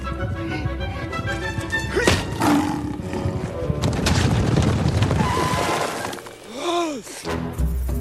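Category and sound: animal, tiger roaring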